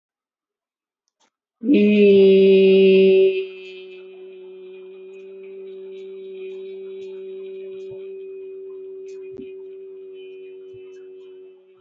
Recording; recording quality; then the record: sustained vowel as in beet; excellent, no background noise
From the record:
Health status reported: healthy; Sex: female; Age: 58 years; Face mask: not worn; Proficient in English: yes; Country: India